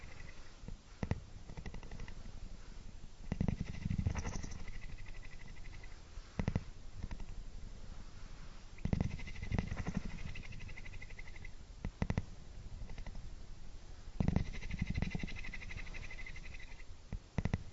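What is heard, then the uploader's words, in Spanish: A cat purrs in a steady, low rumble that swells in slow waves, each breath pushing the purr louder around 3, 9, 14 and 17 seconds. A faint, thin whistle rises with some of the louder breaths, and a few soft clicks punctuate the rumbling. Sonido de Ronroneo de Gato. Calmante ronroneo de gatitos. Tomamos el sonido lento de la frecuencia del ronroneo de un gato.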